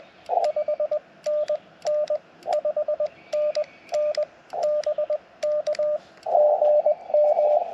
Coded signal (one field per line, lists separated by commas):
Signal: Morse code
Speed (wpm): 21 wpm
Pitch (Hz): 600 Hz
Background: radio noise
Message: 5NN 5NN BK GM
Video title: CW POTA Activation with Yaesu FT-891 and Chelegance MC-750